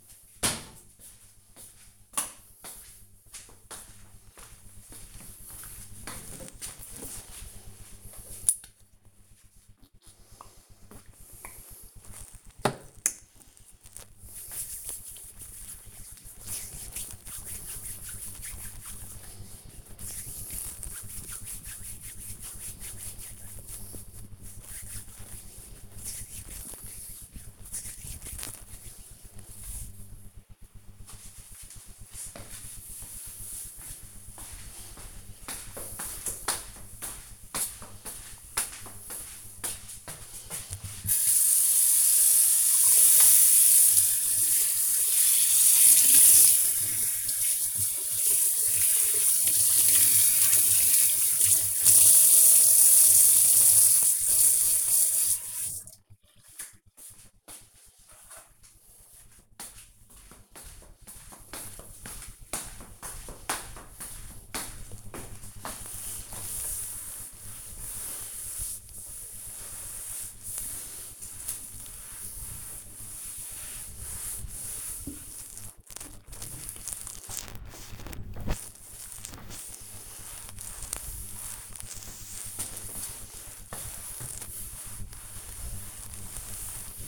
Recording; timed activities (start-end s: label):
household activities, microphone on the right wrist
7.64-28.71 s: disinfecting hands
40.79-87.08 s: cleaning table